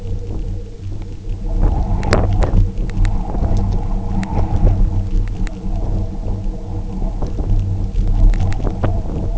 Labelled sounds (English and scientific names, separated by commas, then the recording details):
none
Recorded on Arctic tundra, site UTQI-0, on 27 June 2018
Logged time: 10:00